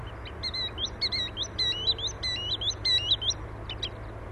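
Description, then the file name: Green sandpiper calls: quick, overlapping bursts of sharp, upslurred whistled notes over a steady low rumble. Recorded 12 April 2015 at the Plattling settling ponds. "Waldwasserlaeufer 12 04 2015 Plattling Klaerteiche Susanne Rieck"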